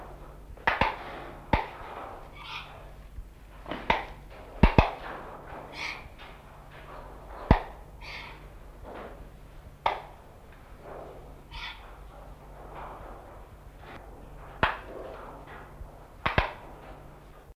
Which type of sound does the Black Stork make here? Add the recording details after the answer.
defence call. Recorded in captivity. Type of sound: defence call. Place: Zoo Augsburg, Bayern, DE. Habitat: river. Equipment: Halbspur, 9,5 cm/s. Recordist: Lütgens, Hans. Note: Abwehrend